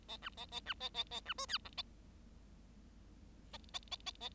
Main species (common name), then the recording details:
Bengalese Finch. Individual Bird7